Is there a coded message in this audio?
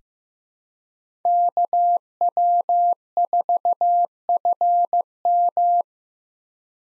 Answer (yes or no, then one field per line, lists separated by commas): yes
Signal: Morse code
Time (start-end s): 1.3-5.8 s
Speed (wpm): 15 wpm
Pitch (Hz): 700 Hz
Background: none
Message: KW4FM